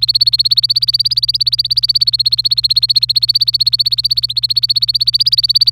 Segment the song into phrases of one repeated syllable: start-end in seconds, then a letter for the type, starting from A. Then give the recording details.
0.00-5.72 A. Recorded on 25 April 2018 at 16:07. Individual llb3